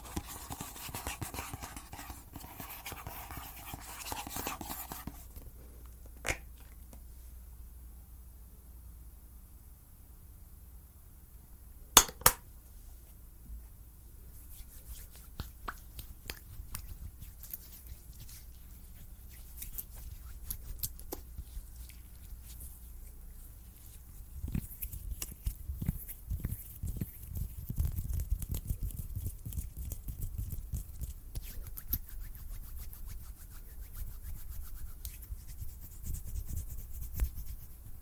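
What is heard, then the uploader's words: Hand sounds: rubbing and soft swishes at first, then a sharp double snap around 12 seconds. Scattered crisp taps and clicks follow irregularly, growing denser and busier after 24 seconds with low brushing and thumping underneath. ASMR HAND SOUNDS AND SNAPPING, FAST, SLOW AND UNPREDICTABLE TRIGGERS.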